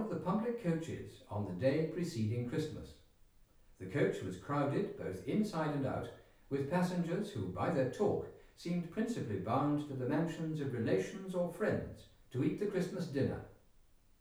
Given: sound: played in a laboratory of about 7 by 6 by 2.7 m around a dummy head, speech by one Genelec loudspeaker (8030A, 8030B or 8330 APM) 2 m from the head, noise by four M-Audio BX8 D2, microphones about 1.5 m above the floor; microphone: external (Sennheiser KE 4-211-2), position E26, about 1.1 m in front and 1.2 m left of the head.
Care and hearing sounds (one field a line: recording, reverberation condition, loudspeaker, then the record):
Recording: male speech in English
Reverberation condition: medium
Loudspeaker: 120 degrees to the right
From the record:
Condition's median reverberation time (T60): about 510 ms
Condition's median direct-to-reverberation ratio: about -0.5 dB